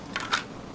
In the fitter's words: it's on a kydex host as well has the passive retention clicks in place this is called a tuckable holster